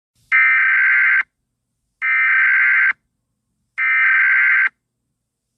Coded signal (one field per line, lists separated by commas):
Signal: Emergency Alert System (SAME) tones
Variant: header bursts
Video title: Emergency Alert System Scenario: The End of the World